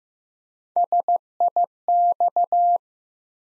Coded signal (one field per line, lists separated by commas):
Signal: Morse code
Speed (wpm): 15 wpm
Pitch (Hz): 700 Hz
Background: none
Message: SIX